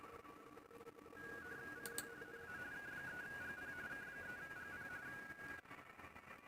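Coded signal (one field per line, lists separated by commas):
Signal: RTTY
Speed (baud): 45.45 baud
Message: CQ NA K3GP K3GP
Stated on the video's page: RTTY contacts in a QSO party contest, using a 29.5 ft end-fed antenna with a 9:1 unun and a manual tuner.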